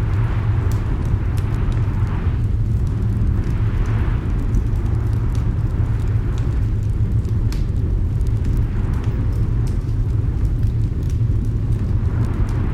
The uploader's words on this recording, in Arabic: كوخ دافئ في عاصفة. جو موقد نار هادر. هذا التسجيل من كوخ مريح مزين بسجادة صوفية كبيرة وأعظم نار مدوية قد تسمعها. في الخارج، تعصف العاصفة، وتصطدم رياحها بالمنزل، مهددةً أساساته.